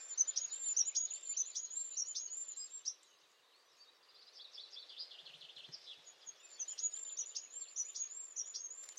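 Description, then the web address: Bird giving two bursts of rapid, high chirping notes separated by a quieter stretch, with a constant background hiss throughout. "birddata Deverinetal 2025"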